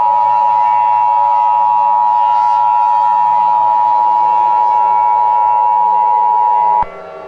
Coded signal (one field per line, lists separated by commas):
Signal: Emergency Alert System (SAME) tones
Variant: 853 and 960 Hz attention tone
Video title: The hole of D3ATH an EAS scenario